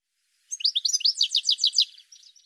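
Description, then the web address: Bird calling with a fast string of bright chirps lasting about a second and a half, ending in a few softer trailing notes. "cianscape birddata Deverinetal 2025 File cleaned normalized Bird"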